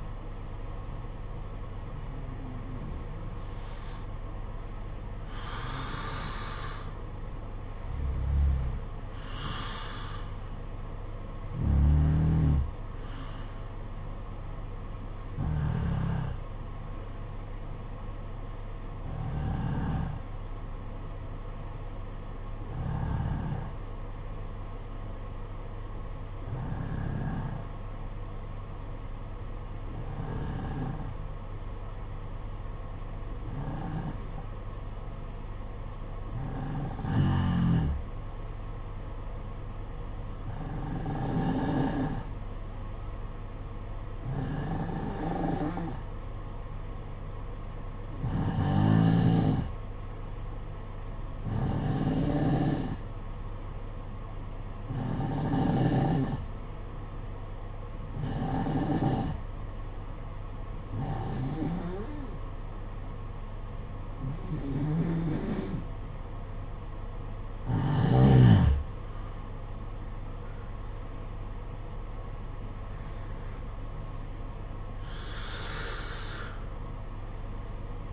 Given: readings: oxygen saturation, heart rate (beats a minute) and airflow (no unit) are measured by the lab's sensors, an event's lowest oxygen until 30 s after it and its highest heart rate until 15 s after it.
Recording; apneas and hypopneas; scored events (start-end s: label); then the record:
breathing in sleep by a smartphone at the bedside; 1
17.00-66.70 s: hypopnea (N1, oxygen 95% highest, then 90% lowest, heart rate 54 at the start, 63 highest)
27.00-78.13 s: new sleep stage, N2 (light sleep)
From the record:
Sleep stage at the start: N1 (lightest sleep); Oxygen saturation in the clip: 90 to 95%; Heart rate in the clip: 53 to 64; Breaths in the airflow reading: 23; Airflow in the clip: -8.9 to 9.7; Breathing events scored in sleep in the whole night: 476 in 9.7 hours asleep